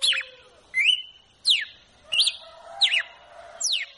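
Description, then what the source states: Red-cowled cardinal song of six whistled phrases, mixing rising slurs and steep falling sweeps, spaced well under a second apart over a soft low hum. Female song, used to warm up and stimulate a male to sing.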